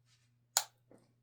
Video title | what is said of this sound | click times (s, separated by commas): SarUSA K2 45c stainless review | until it clicks. Now it's in. | 0.6 s